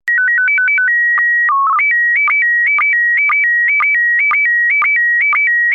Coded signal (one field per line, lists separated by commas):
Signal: SSTV (slow-scan television)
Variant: PD 120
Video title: Slow Scan Radio, Ep. 11, October 17, 2018